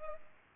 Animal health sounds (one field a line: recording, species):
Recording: mosquito wingbeat signal from an infrared sensor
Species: Culex pipiens